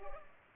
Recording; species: mosquito wingbeat signal from an infrared sensor; Culex pipiens